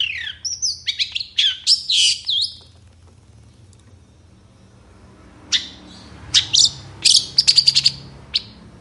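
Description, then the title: Long-tailed Shrike song: opening run of varied whistles and squeaks, a quiet gap, then scattered harsh chattering bursts. Long-tailed shrike (cendet) singing readily in the morning with many varied sounds. "Cendet Gacor Dor Di Kala Pagi Toet Toet Variasi Suara"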